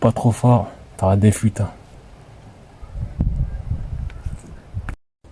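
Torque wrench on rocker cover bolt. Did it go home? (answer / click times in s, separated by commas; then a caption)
yes / 4.9 s. A torque wrench tightens a rocker cover bolt while a new rocker cover gasket is fitted on a leaking 2008 Ford C-Max 1.6 TDCi. Someone talks, then faint ratcheting and small knocks are heard until the wrench gives a sharp click at 4.9 s, having reached its set torque.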